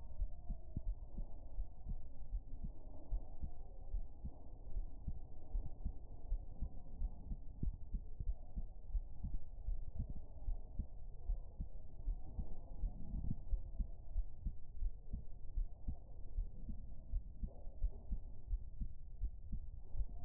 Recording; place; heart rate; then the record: heart sounds by stethoscope; pulmonary valve (PV); 76 bpm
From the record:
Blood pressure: 110/66 mmHg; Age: 22 years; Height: 167 cm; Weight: 51 kg